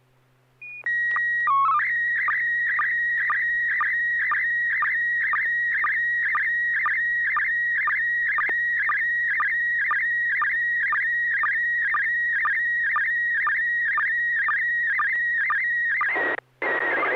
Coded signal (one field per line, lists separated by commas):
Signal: SSTV (slow-scan television)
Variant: PD 120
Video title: N6NA SSTV Net - 03/13/2024